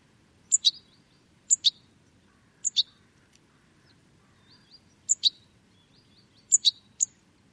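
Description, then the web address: Bird giving quick high double chirps, once a triple, at irregular intervals, with faint lower notes and soft low background noise. "Deverinetal. Bird Only"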